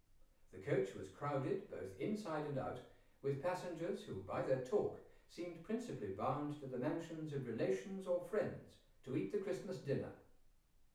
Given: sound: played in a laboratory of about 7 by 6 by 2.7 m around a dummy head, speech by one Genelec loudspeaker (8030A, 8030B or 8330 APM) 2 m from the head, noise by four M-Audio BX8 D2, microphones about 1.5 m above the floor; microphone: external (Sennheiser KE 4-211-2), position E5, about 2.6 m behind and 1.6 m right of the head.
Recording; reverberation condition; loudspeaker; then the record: male speech in English; medium; 90 degrees to the left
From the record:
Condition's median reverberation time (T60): about 510 ms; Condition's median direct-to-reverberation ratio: about -0.5 dB